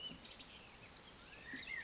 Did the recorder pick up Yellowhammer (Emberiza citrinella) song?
no